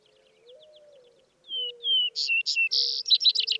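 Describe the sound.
Vesper sparrow: faint chips and a low steady tone, then a Vesper sparrow sings two sliding whistles followed by higher notes and a fast, rattling trill.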